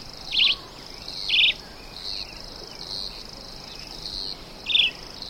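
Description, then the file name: Red-eyed Vireo song, a few short warbled phrases with gaps between, over a constant high insect drone. "chivicomun"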